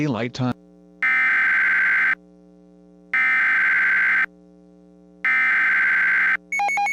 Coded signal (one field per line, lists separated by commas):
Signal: Emergency Alert System (SAME) tones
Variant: header bursts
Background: speech